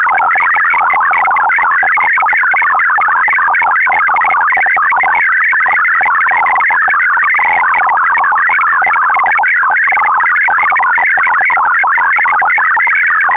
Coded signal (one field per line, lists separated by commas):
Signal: multi-tone FSK (Olivia or MFSK type)